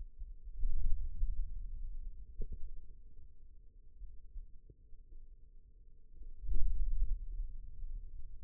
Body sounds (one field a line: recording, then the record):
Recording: forearm muscle sounds (acoustic myography)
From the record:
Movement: hand opening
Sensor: system 2, bracelet of six BSWA MPA416 microphones around the upper forearm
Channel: 3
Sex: male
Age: 22 years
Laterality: right